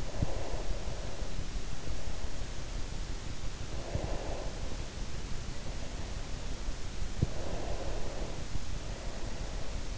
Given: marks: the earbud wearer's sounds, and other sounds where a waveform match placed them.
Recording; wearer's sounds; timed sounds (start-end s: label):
sounds in sleep by an in-ear microphone; breath
0.00-1.55 s: breath
3.50-6.23 s: breath
7.14-9.71 s: breath